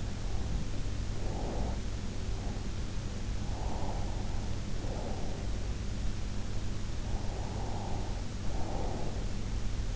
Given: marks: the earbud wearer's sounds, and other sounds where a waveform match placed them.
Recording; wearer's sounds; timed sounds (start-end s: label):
sounds in sleep by an in-ear microphone; breath
0.00-1.88 s: breath
2.15-4.43 s: breath
7.09-9.26 s: breath